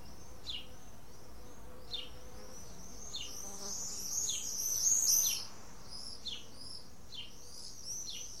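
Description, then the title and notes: Swallows calling: short, high, downward chirps repeat every second or so, with a brief burst of busy twittering midway, over a low steady hum. Several swallows recorded in spring 2018 at Prades. "Hirondelles Printemps Prades 2018 by Résonances"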